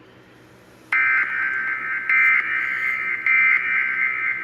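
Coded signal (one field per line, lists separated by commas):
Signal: Emergency Alert System (SAME) tones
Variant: end-of-message bursts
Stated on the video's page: Fictional alert scenario.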